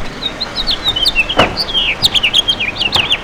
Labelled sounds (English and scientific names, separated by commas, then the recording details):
House Finch (Haemorhous mexicanus) song
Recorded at Freeport on Long Island, New York, on 28 May 2013
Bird E